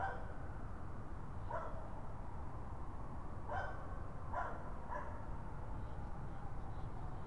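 Raccoon calls: a few brief harsh yelps over a constant low-pitched background rumble.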